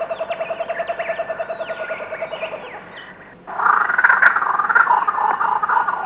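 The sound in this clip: Kookaburra call opening with steady repeated low hooting pulses, then a short pause before a loud burst of raucous cackling laughter.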